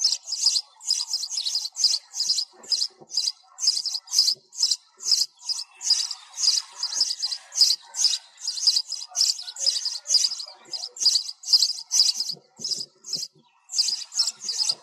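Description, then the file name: Sparrow chirping continuously, high notes repeated briskly throughout. Sparrow calling the flock together. "tieng se goi bay"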